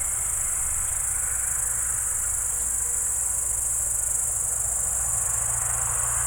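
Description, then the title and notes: Crickets sing a dense, even, high trill without pause, while a faint low motor drone runs beneath. Evening crickets at Spalona Pass, Bystrzyckie Mountains, Poland, 18 July 2024 around 19:00; old tractor mowing grass in the village below in background. "Spalona 6, 57-516, Polska - Spalona Pass - crickets and haymaking. Przełęcz Spalona w Górach Bystrzyckich. wieczorne świerszcze"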